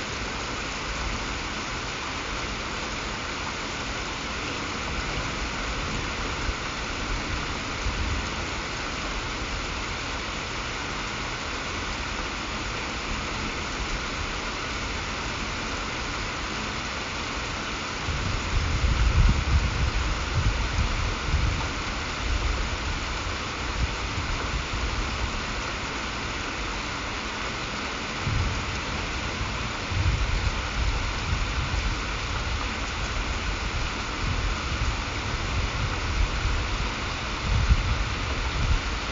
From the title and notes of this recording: There are two storms on this. It was recorded in mono.